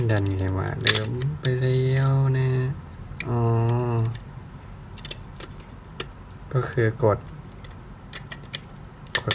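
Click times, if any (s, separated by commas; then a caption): 9.1 s, 9.3 s. Someone talks while the plastic body of a mini 4WD VS chassis car is pressed down onto the chassis, with small plastic taps and clatter in between. Two sharp clicks at 9.2 s and 9.3 s mark the body catch locking in, so the body is seated; the soft body makes it hard to fit.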